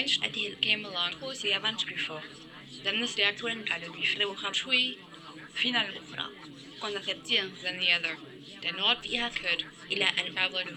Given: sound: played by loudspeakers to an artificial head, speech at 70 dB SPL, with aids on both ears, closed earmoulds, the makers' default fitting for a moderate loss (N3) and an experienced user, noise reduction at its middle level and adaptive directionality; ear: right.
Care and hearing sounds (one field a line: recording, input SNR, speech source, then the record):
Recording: speech test signal (ISTS) in cocktail-party noise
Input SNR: +3 dB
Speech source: in front (0 degrees)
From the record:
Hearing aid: class 1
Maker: C